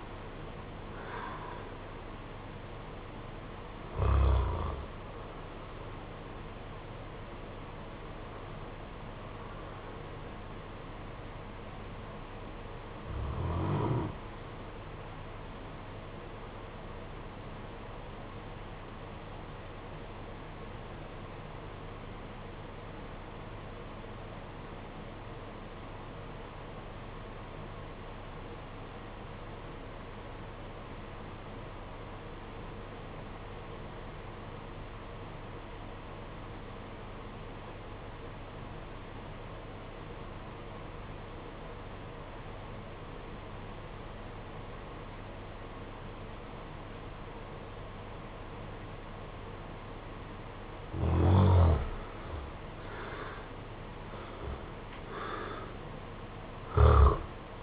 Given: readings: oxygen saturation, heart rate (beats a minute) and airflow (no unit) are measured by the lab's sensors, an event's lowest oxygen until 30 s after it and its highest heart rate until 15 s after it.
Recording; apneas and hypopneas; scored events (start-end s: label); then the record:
breathing in sleep by a voice recorder at the bedside; 1
17.00-51.50 s: obstructive apnea (REM, oxygen 96% highest, then 73% lowest, heart rate 50 at the start, 72 highest)
From the record:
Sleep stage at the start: REM sleep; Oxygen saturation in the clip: 70 to 96%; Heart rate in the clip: 46 to 82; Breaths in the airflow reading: 7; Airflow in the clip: -11.0 to 14.9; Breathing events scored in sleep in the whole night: 476 in 9.7 hours asleep